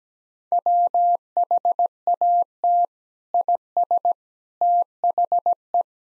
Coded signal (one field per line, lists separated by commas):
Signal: Morse code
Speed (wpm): 17 wpm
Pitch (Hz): 700 Hz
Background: none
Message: WHAT IS THE